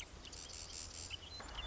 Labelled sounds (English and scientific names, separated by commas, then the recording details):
Marsh Wren (Cistothorus palustris)
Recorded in Sonoma County, California